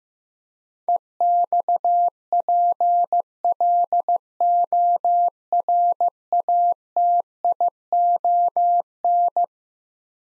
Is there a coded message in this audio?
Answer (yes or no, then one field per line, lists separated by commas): yes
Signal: Morse code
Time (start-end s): 0.9-9.4 s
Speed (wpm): 15 wpm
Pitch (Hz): 700 Hz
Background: none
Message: EXPLORATION